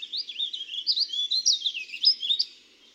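Warbling vireo singing one continuous, rapid, jumbled warble of rising and falling high notes for about two and a half seconds.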